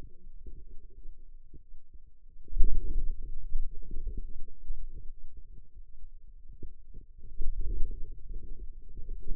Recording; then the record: forearm muscle sounds (acoustic myography)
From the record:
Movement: wrist extension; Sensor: system 2, bracelet of six BSWA MPA416 microphones around the upper forearm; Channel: 5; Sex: female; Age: 21 years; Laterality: right